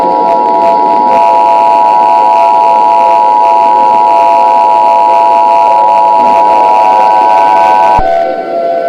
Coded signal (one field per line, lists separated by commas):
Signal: Emergency Alert System (SAME) tones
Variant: 853 and 960 Hz attention tone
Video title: EAS Scenario: Dark Titanomachy